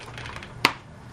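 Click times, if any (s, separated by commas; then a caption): 0.7 s. An LED pixel bulb is pressed into its mounting hole in a plastic star light display prop. After some faint handling rustles, it snaps in with a single sharp click at 0.7 s. The bulb is seated.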